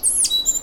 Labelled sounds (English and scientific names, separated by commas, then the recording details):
Stitchbird (Notiomystis cincta) song
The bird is a male
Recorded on Tiritiri Matangi Island, New Zealand, in 2005
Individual 1, of nest box 1